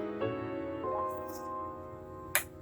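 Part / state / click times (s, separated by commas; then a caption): plastic wire clip on a spark plug wire harness bracket / released / 2.3 s. A small tab beside a spark plug wire on a blue plastic wire clip, mounted on the spark plug wire harness bracket of a 2011 Acura TSX, is pressed down. Over steady background music, a short sharp click comes at 2.4 s as the clip disengages and releases.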